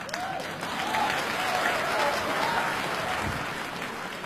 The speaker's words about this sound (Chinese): 好，下面我们再把他请出来为大家表演加演小段，大家伙欢迎， 掌声有请。